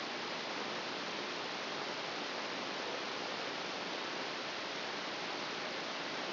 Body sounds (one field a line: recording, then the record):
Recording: brain microelectrode recording played as sound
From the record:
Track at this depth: outside the subthalamic nucleus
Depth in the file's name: 0.444 mm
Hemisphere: left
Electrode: 3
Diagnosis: Parkinson's disease